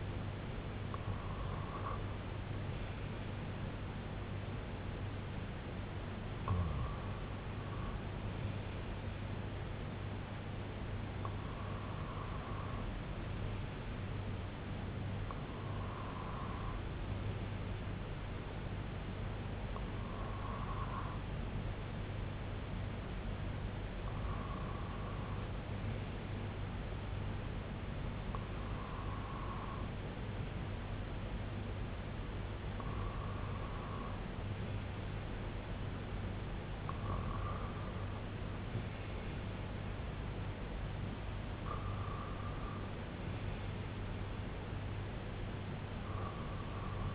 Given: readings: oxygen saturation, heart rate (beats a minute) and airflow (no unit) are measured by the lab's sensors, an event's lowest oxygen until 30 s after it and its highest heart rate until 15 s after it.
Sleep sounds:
breathing in sleep by a voice recorder at the bedside; none
none scored
From the record:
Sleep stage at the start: REM sleep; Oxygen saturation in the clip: 94 to 97%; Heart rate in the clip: 61 to 77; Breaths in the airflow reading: 10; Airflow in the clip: -7.8 to 4.1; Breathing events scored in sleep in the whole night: 258 in 7.4 hours asleep

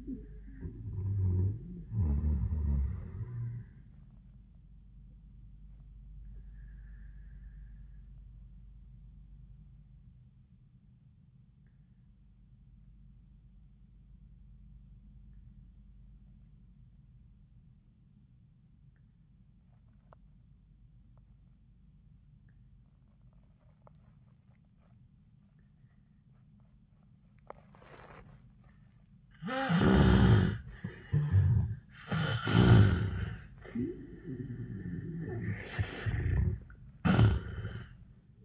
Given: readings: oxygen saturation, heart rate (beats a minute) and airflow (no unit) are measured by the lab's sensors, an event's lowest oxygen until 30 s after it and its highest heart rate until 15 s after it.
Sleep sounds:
breathing in sleep by a smartphone at the bedside; 1
7.00-29.10 s: obstructive apnea (N1, oxygen 97% highest, then 76% lowest, heart rate 86 at the start, 94 highest)
From the record:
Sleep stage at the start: N1 (lightest sleep); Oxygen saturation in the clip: 78 to 97%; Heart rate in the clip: 81 to 94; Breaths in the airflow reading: 4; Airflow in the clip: -15.1 to 10.0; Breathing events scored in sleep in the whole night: 400 in 8.7 hours asleep

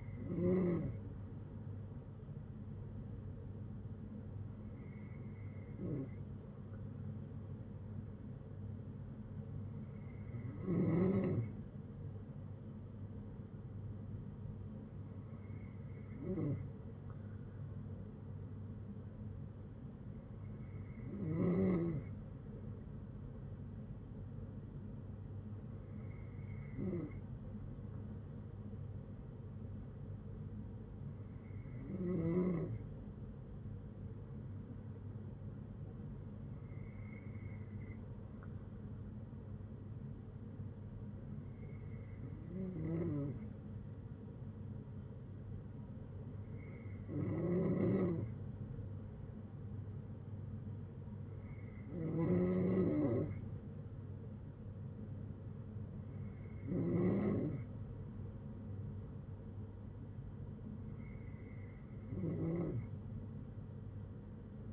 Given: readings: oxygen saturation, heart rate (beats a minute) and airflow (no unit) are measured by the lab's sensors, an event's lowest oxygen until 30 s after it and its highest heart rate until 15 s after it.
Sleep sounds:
breathing in sleep by a smartphone at the bedside; none
51.00-64.73 s: new sleep stage, N2 (light sleep)
From the record:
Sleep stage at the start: N3 (deep sleep); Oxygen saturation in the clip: 93 to 94%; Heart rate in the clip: 55 to 69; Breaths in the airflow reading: 13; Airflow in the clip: -7.8 to 6.1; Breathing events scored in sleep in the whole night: 182 in 7.4 hours asleep

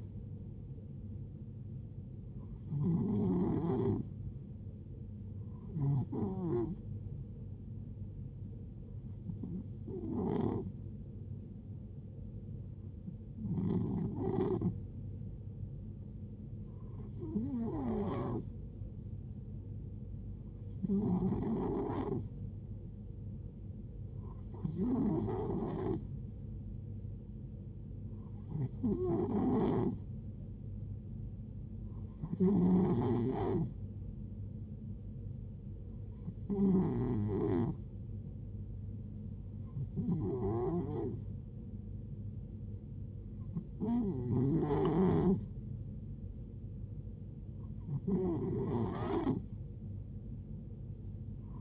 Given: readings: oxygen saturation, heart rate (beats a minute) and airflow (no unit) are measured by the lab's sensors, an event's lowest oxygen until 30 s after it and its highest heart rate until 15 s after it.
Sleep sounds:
breathing in sleep by a smartphone at the bedside; none
none scored
From the record:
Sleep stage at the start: N2 (light sleep); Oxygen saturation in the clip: 91 to 92%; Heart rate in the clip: 63 to 73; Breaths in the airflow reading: 14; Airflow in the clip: -6.1 to 4.2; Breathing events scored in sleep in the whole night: 389 in 6.3 hours asleep

